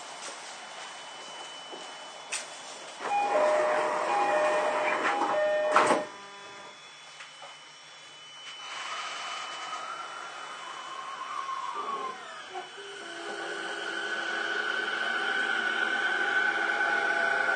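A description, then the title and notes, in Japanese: A Toei 10-300 series train runs, its motor whine stepping through bright, layered tones from about three to six seconds before a sharp burst of rattling. After a quieter stretch the hum returns, a clunk lands near twelve seconds, and a steady rising whine carries to the end. 都営10-300形(3次車) 新線新宿〜高尾山口。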